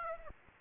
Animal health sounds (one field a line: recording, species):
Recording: mosquito wingbeat signal from an infrared sensor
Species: Aedes aegypti